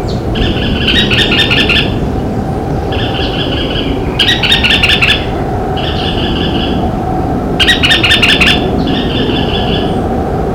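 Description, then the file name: White-eyed Foliage-gleaner gives repeated harsh chattering rattles over steady low background noise. Recorded in Cantareira State Park, São Paulo state, Brazil, on 22 August 1997. "Automolus-leucophthalmus-Cantareira SPark-SP-Brazil 22-8-97-ASilveira"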